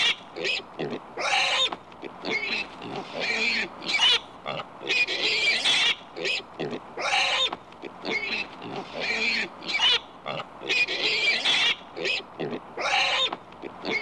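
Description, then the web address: Pig squealing and screeching in repeated loud harsh bursts, with lower grunting between the cries. "pig squealing grunting screeching animal"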